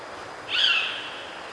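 Bird giving a single short, high whistled call that swells and fades in about half a second over a steady hiss.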